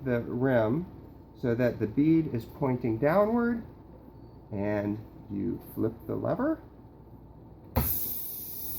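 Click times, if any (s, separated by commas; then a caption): none. Someone talks while handling a tubeless bicycle tire on its rim, turning the rim so the rubber bead points downward and flipping a lever. At about 7.8 s a sudden loud rush of air starts and continues to the end as air is released into the tire. Nothing has seated yet: the bead has not popped onto the rim's bead seat.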